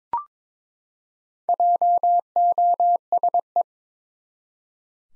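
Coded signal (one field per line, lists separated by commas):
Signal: Morse code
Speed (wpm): 21 wpm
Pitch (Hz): 700 Hz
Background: none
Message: JOSE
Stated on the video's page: Morse head-copy practice at 22 wpm of common USA names, each sent, spoken, then sent again.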